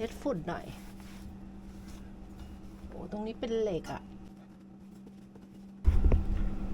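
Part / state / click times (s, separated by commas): metal chair fitting into the chair frame / seated / 6.1 s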